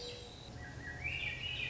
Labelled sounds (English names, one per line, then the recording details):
Swainson's Thrush
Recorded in Sonoma County, California